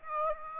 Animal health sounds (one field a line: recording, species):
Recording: mosquito wingbeat signal from an infrared sensor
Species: Aedes aegypti